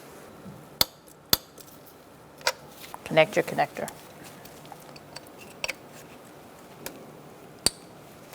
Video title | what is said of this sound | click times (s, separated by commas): How to Replace Ignition Coils 2004-2009 Mazda 3 | Make sure you hear that click. | 7.7 s